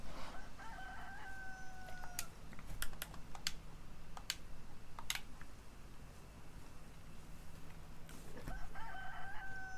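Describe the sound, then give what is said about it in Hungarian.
A rooster crows twice, a drawn-out, wavering call at the start and another near the end, with sharp, irregular clicking taps scattered between them over a steady background hiss. “Valahol megint van egyébként egy kakas, itt kukorékol.”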